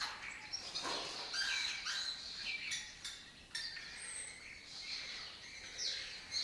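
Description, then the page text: Lesser kestrel calls, a busy mix of scratchy chatters and thin high notes, almost continuous. Breeding colony in an abandoned building complex in Doñana, southern Europe; migratory raptor that forages in West Africa and breeds in southern Europe. "Lesser Kestrels Took Over an Abandoned Building - wp.earth.fm. A migratory raptor wich spends its foraging time in West Africa and breeds in southern Europe. Here in Doñana"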